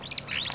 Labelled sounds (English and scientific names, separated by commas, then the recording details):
Superb Starling (Lamprotornis superbus) flight call
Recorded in Kenya